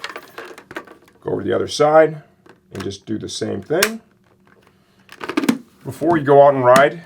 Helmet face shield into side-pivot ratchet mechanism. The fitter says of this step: kind of rotate it around you see it'll jump right in and you're a good positive click